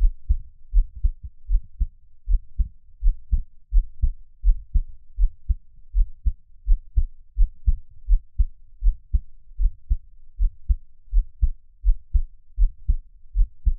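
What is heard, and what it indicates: A close-up recording of an adult's own heartbeat, regular and normal at about 80 beats per minute, with low thumping sounds and no talking.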